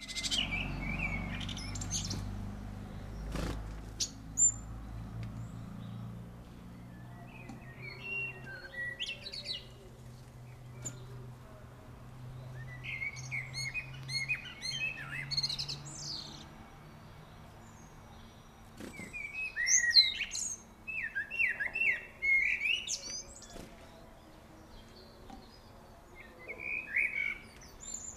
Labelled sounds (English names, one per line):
Common Blackbird song